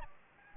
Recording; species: mosquito wingbeat signal from an infrared sensor; Anopheles gambiae